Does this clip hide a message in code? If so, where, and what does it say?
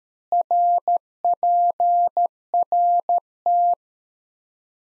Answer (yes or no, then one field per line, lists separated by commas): yes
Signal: Morse code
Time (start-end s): 0.3-3.7 s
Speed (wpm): 13 wpm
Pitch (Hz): 700 Hz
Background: none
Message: RPRT